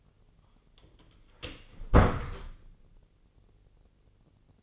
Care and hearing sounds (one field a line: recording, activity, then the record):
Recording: daily activity, microphone in the room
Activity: close door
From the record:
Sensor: 4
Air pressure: 1010.4 hPa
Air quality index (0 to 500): 193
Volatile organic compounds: 3 ppm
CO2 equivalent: 1385 ppm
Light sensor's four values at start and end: 33/81/34/36 and 36/88/36/38